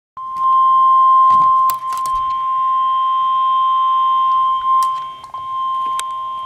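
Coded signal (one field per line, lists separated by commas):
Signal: Emergency Alert System (SAME) tones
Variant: 1050 Hz attention tone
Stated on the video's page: Special marine warning from NOAA weather radio station on 162.550 MHz, Driver, Virginia, Wakefield forecast office.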